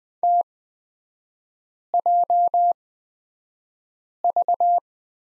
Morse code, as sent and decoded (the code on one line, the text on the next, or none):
- .--- ...-
TJV